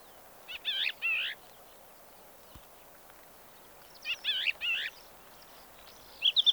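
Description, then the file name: Crested lark song: two short bursts of quick warbled, buzzy notes separated by a few seconds of quiet, then a sharp whistled fragment at the end. Recorded in Kyzylkum, Kazakhstan, on 10 April 2011; the subspecies given is magna. "crelark-magna-2-S-CON kz kyzylkum 2-tal"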